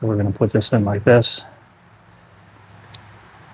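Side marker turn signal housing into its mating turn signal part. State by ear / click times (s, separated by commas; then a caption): seated / 2.9 s. Someone talks briefly while setting a new KUNGKIC sequential side marker / turn signal housing for a 2026 Subaru BRZ into its mating turn signal part, with its catch on the clip side. After a quiet pause, it snaps home with one short, sharp click at 3.0 s and is confirmed clipped into place.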